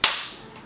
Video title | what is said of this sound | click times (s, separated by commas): www.laptopscreen.com Sony Vaio PCG-61315L | the next step is to remove this surround piece here the first way we're going to do this reach along the side and just kind of pull on it lightly until you hear it pop | 0.0 s